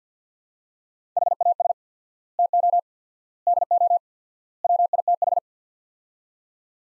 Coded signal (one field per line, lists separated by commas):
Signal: Morse code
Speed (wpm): 50 wpm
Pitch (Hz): 700 Hz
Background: none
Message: HAS TO DO WITH